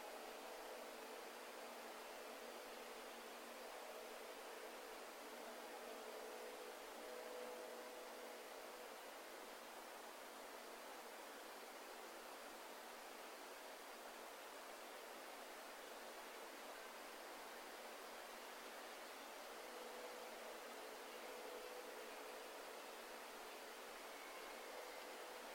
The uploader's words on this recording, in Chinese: 置身秋日的荣茂中，择一绿苔矮树桩，静坐，听远钟声，听风息声，听林涛声，听落叶声。